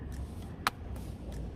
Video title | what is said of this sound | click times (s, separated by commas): Think I Might Have Done It | No, that's not seated the whole way. | 0.7 s